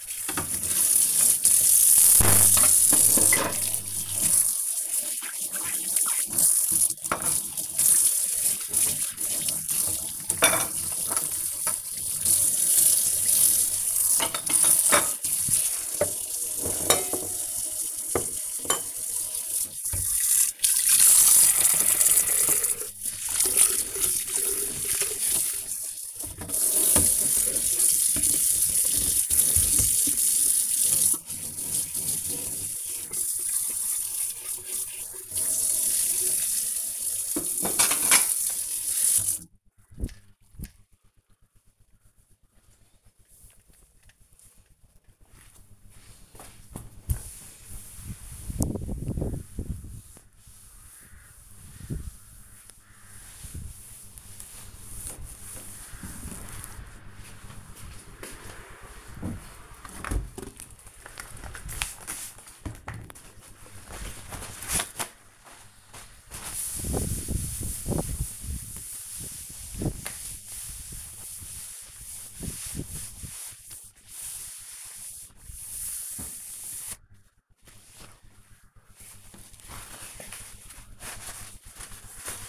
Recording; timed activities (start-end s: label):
household activities, microphone on the right wrist
0.00-39.16 s: washing dishes
46.20-79.38 s: cleaning table